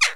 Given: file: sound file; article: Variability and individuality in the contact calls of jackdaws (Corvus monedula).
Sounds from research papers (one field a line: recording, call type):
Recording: jackdaw call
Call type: harmonic